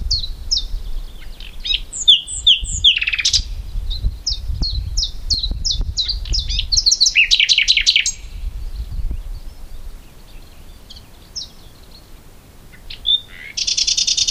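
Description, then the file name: Common nightingale song of crisp repeated notes and tangled warbling phrases, a pause, then a harsh buzzy flourish; low rumble in the background. "Luscinia megarhynchos"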